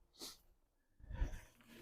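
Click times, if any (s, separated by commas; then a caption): none. A sunshade's middle spoke is handled near an FXW dog fence bar, ready to be pushed on and clicked in. A short breathy, hissing burst comes near 0.25 s, followed by a louder low rustling and thumping from about 1.0 to 1.5 s. Nothing has seated or clicked yet.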